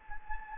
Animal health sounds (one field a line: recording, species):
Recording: mosquito wingbeat signal from an infrared sensor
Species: Anopheles gambiae